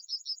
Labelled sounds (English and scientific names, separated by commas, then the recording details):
Yellowhammer (Emberiza citrinella) song
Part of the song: start
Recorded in the Czech Republic on 14 May 2015
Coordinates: 50.011, 16.239
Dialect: BC
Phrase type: B13
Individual ch017